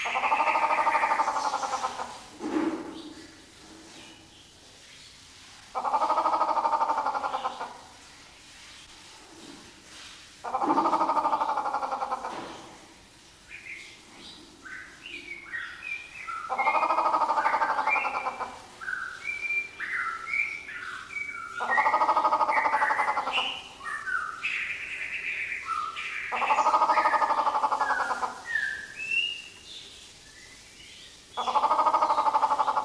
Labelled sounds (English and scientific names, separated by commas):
Grey Peacock-Pheasant (Polyplectron bicalcaratum)